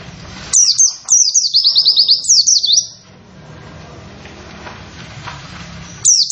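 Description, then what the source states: White-eye giving a rapid run of high, thin chirps for over two seconds, followed by a lull with faint background noise and another brief burst. Long, rapid "wit wit wit" song style; singing bird described as in full voice.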